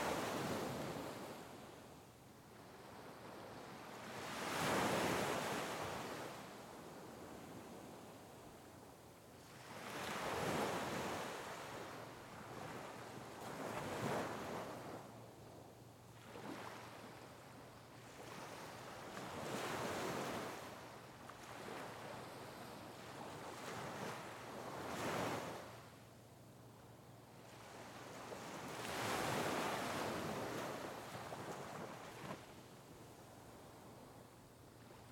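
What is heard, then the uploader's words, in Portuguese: Sea waves roll in and break in a steady rhythm, each crash swelling and washing out roughly every five seconds. The surf sounds close, a full rushing hiss between breakers, with a low rumble of wind buffeting underneath throughout. O aproximar das ondas do mar.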